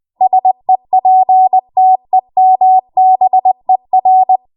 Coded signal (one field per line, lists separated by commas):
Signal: Morse code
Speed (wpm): 20 wpm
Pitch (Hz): 750 Hz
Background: none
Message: SEPTEMBER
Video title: HamFist Build a multi-channel Morse/CW Decoder with the Pi Pico